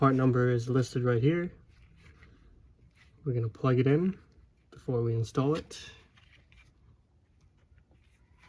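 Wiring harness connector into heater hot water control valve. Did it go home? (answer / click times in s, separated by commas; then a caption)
no / none. Someone talks while picking up a wiring harness connector and a new heater hot water control valve for a Mercedes and lining them up before plugging it in. Between the speech come only faint handling ticks and rustles. The connector has not been plugged in or clicked into place yet.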